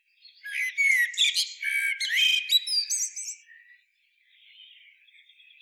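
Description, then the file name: Common blackbird song: a mellow fluted warble with scratchy high notes, followed by a faint, thin trailing twitter. "Turdus merula"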